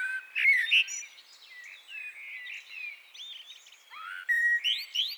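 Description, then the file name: Common blackbird warbling continuously, soft fluty slides rising and falling, with a brighter burst of twittering near the end. "Turdus merula"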